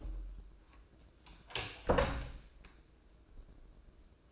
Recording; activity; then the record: daily activity, microphone in the room; close door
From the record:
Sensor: 2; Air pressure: 1012.2 hPa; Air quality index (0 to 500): 162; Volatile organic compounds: 2 ppm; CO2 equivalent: 1183 ppm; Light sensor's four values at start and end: 350/873/354/369 and 350/871/353/369